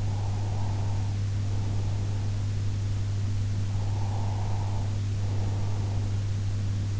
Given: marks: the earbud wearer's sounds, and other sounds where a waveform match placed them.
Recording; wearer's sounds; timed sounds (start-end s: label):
sounds in sleep by an in-ear microphone; breath
0.00-2.43 s: breath
3.71-6.28 s: breath